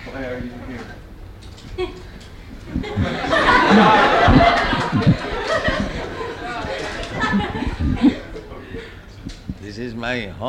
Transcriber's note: laughter